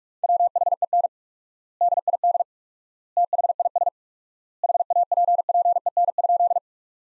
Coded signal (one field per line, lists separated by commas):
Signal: Morse code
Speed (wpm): 41 wpm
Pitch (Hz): 700 Hz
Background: none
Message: WHEN DID THIS HAPPEN?